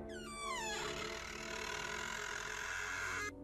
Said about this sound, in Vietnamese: Chợt cánh cửa buồng được Rách khép lại khe khẽ từ từ mở ra, kêu lên tiếng kêu kẽo kẹt.